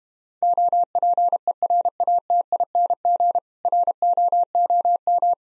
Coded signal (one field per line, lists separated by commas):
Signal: Morse code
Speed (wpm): 33 wpm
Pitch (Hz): 700 Hz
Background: none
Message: OPERATING ROOM